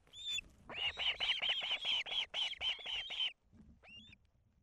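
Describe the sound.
Osprey chicks: a thin whistle, then a burst of many harsh, strained notes, followed by a few thin high whistles.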